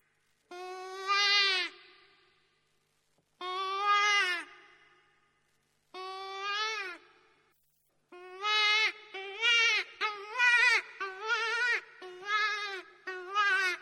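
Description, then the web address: Hare distress cries: harsh, strained, harmonic wails, a few long ones spaced by pauses, then a faster run of shorter cries. Wounded hare; recording used as a hunting lure for fox or wolf. "zvuki zaytsa zvuk dlya ohoty ranenyy zayats manok na lisu ili na volka"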